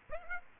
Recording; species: mosquito wingbeat signal from an infrared sensor; Aedes aegypti